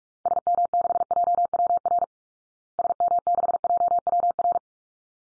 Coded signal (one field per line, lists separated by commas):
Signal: Morse code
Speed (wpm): 44 wpm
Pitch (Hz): 700 Hz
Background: none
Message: SM6JWR SM6JWR